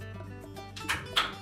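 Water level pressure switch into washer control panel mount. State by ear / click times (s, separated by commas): seated / 1.2 s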